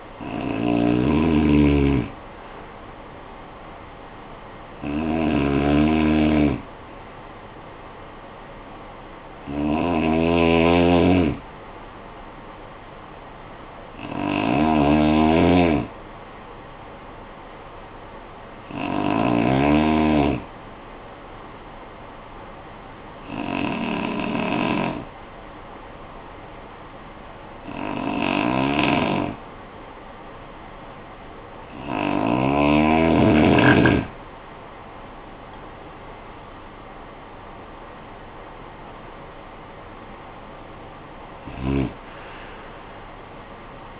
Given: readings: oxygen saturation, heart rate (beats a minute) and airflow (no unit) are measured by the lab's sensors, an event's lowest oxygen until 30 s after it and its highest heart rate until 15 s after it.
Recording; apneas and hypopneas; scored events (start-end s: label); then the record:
breathing in sleep by a voice recorder at the bedside; 1
21.00-40.00 s: hypopnea (N1, oxygen 95% highest, then 89% lowest, heart rate 52 at the start, 70 highest)
From the record:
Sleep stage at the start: N1 (lightest sleep); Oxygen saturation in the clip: 90 to 95%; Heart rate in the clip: 51 to 70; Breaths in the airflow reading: 10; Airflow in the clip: -18.6 to 13.8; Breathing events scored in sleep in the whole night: 445 in 7.6 hours asleep